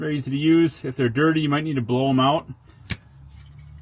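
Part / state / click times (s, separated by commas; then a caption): wiring harness connector flip lock on an engine control module / released / 2.9 s. Someone talks, then at 2.9 s a sharp click sounds as the flip-lock lever on the plastic wiring harness connector of a Ranger 1500 engine control module (ECU) is rotated all the way back. The click means the lever has opened and the connector is unlocked, ready to be wiggled and pulled straight out.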